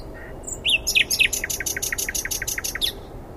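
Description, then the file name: Common nightingale phrase: a few varied chirps leading into a quick, even run of about a dozen short repeated notes. "Luscinia megarhynchos"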